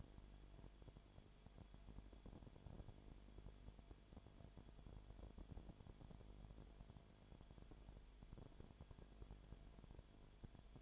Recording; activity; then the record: daily activity, microphone in the room; no activity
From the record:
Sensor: 5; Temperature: 20.0 degrees Celsius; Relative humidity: 37.0%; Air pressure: 1007.4 hPa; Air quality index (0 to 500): 84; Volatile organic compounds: 1 ppm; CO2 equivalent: 965 ppm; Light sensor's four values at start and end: 2/3/1/1 and 2/3/1/1